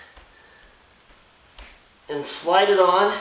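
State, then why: Not seated. A steel snap ring held in expanded snap ring pliers is lined up over the end of a Jeep CJ7 Dana 30 front axle shaft, ready to slide on and push into the groove. Faint handling noises come with a short knock at about 1.6 s, and someone talks from about 2.1 s onward. The ring has not yet seated or clicked into the groove.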